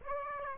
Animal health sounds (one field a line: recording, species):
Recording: mosquito wingbeat signal from an infrared sensor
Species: Aedes aegypti